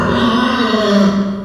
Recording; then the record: squeal of a Yucatan mini pig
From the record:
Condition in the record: after surgery on the right vocal fold (resection and tissue-engineered implant); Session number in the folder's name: 15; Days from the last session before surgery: 175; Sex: female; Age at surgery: 19 weeks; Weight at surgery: 25 kg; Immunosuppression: prednisolone